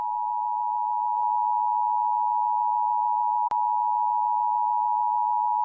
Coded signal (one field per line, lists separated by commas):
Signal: Emergency Alert System (SAME) tones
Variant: 853 and 960 Hz attention tone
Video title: EAS Mock: Amber Alert I